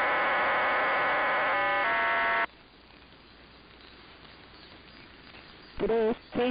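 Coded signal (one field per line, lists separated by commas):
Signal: numbers station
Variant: HM01, RDFT data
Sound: dense hissing data block, then a chord of steady tones, quiet static, brief voice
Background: radio static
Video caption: all previous RDFT sequences*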